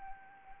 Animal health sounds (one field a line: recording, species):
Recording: mosquito wingbeat signal from an infrared sensor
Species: Anopheles arabiensis